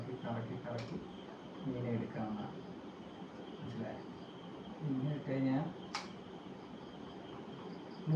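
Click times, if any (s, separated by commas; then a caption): 5.9 s. A lever or bail on a low-cost spinning fishing reel (a 499-rupee rod and reel set) is flipped into its locked position while someone talks. A single short, sharp click sounds at 5.9 s, and the reel lock is seated.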